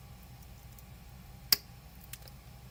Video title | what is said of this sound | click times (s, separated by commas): Live Unboxing & Building Blokees Transformers Defender 3 | Nice click there. | 1.5 s